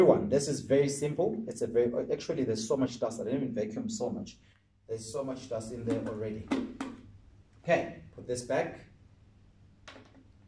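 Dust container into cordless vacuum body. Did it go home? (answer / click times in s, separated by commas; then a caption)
yes / 9.9 s. Someone talks while the dusty plastic dust container of a Genesis 5 in 1 Cordless Turbovac is put back onto the cordless vacuum body. A single sharp click sounds at 9.9 s as the container seats, and that click indicates it is inserted and secured.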